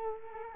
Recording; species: mosquito wingbeat signal from an infrared sensor; Culex quinquefasciatus